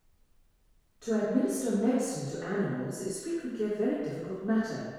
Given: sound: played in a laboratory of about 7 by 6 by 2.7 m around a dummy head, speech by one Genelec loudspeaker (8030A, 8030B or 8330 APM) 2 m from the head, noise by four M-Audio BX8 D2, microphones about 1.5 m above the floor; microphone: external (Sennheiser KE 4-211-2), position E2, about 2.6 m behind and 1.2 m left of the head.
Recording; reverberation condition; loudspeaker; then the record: female speech in English; high; 90 degrees to the left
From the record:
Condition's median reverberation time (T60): about 1300 ms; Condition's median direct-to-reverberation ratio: about -4.0 dB